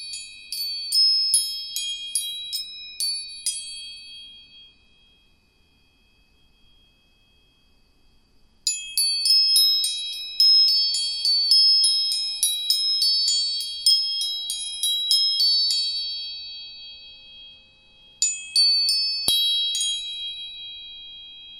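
Bright, high metallic tones from struck tuning forks ring out in quick clusters: a run of strikes in the first few seconds, a longer dense run from about nine to fifteen seconds, and a short burst near eighteen seconds. Each tone rings on and slowly fades in a quiet room.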